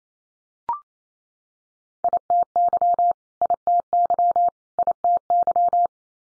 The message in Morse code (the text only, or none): ITY ITY ITY